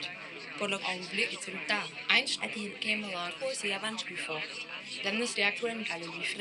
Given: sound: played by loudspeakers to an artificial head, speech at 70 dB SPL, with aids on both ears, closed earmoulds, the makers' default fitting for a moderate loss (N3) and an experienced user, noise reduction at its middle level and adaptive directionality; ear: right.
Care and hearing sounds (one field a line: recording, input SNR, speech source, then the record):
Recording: speech test signal (ISTS) in cocktail-party noise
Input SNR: +3 dB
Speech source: in front (0 degrees)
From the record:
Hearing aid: class 2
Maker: I